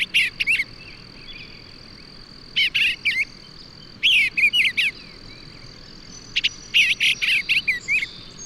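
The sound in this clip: Bird song: groups of quick high chirps in four bursts with quiet gaps between, a thin steady whine continuing throughout.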